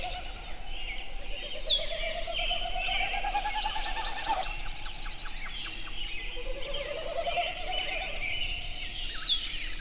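Snipe giving a pulsed hooting series, then another rising one later, amid a busy background of many other singing birds.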